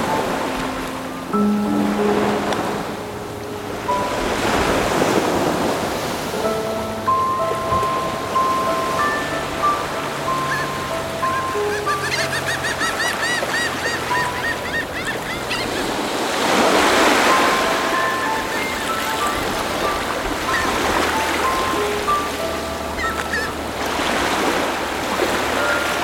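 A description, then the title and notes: Atlantic Ocean surf along the Portuguese coast, a steady roar with waves swelling and breaking about every few seconds, loudest near 5 and 17 seconds. Faint tonal whistles and chirps, likely birds, weave through the wash, with a brief rapid twittering burst around 13 seconds. Atlantic Ocean, Portugal. The fisherman trail along the Atlantic coastline in Portugal.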